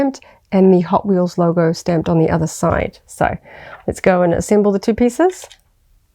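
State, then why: Not seated. A man talks while handling the two plastic pieces of a Hot Wheels Starships Select TIE Fighter die-cast display stand, about to fit the stand piece into its base. Nothing has seated or clicked yet.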